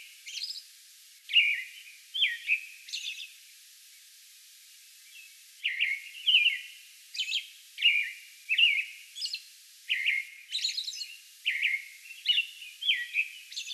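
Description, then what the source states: American robin song: a few caroled phrases, then a pause, then a longer rapid sequence of slurred whistled phrases. Song bout recorded on May 11.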